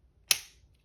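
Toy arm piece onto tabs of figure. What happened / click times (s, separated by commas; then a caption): The plastic toy part snapped into place / 0.3 s. A plastic toy arm piece slotted onto the tabs of a figure is folded outwards and pops into place with a single loud, sharp snap at 0.3 s. The snap rings out briefly before fading, and the part is seated.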